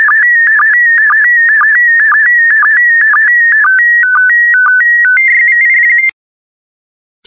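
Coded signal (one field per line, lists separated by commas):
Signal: SSTV (slow-scan television)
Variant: PD120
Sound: warbling electronic tone around 2 kHz with regular quick dips, then stepped tones, stops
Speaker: Get ready. Starting transmission in 5, 4, 3, 2, 1. Transmission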